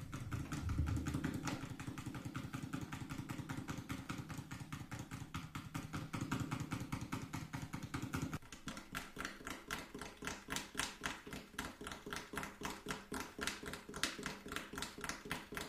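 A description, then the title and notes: Fast, even tapping runs the whole time, a dense stream of sharp clicks at a quick, steady rate. For the first eight seconds a low, humming rumble sits underneath, almost like an idling engine. It cuts out abruptly, leaving the crisp taps alone. Fast Tapping Deluxe Edition [Binaural Eargasm].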